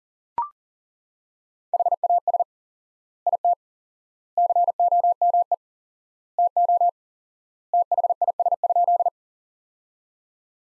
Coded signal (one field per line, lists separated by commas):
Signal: Morse code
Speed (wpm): 37 wpm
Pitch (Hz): 700 Hz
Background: none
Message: HAS IT COME TO THIS?